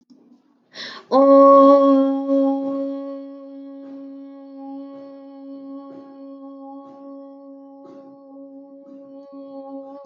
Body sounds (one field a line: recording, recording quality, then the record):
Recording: sustained vowel as in boot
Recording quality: excellent, no background noise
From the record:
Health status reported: healthy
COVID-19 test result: not tested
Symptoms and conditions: none ticked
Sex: female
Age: 21 years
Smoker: not ticked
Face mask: not worn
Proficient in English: yes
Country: India